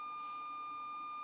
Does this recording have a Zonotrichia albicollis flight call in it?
no